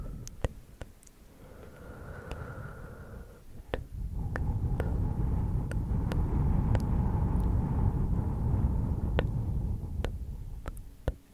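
Very close, bassy breathing and ear blowing make a dense, low rush that swells and holds steady from about four seconds on. Sharp mouth clicks pop irregularly throughout, with a faint whispery murmur layered underneath.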